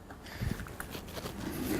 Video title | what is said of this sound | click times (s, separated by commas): HCC Tutorial: Bose Portable Sound System | then it goes in and you're going to hear it click it's very light click kind of thing and then it's all the way in | 0.8 s